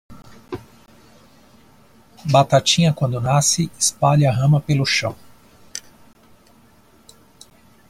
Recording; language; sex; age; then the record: short text; Brazilian Portuguese; male; 30 to 39 years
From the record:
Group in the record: control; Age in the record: 39 years